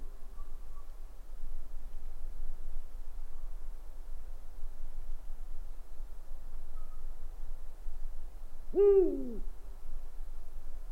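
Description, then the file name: Owl delivering one short hoot late, full-toned and slightly falling, against low steady noise. "gufo"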